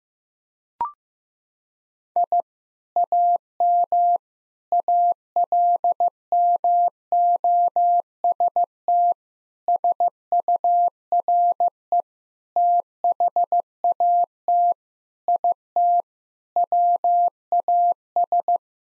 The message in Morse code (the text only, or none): I AM ALMOST SURE THAT IT WAS